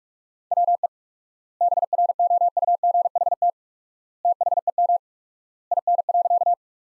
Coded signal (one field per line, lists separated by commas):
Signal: Morse code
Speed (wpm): 46 wpm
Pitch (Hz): 700 Hz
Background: none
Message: WE BROUGHT THEM IN.